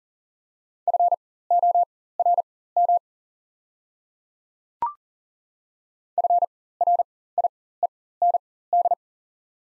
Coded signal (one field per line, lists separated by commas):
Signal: Morse code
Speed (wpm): 40 wpm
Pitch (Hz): 700 Hz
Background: none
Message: FORM FRIEND